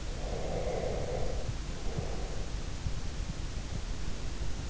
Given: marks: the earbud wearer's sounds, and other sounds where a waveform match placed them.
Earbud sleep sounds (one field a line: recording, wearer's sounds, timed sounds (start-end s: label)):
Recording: sounds in sleep by an in-ear microphone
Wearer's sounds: breath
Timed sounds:
0.08-2.23 s: breath